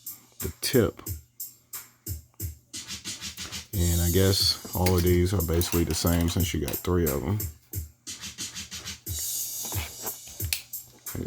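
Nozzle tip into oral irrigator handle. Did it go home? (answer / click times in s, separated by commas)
yes / 10.5 s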